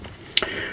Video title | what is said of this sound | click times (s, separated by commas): Parkside Air Multi Tool review, Is it worth buying? | up the trigger and it just clicks into place and then you can't turn it on accidentally there's | 0.4 s